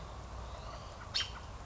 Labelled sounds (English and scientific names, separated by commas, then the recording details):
American Robin (Turdus migratorius)
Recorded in Sonoma County, California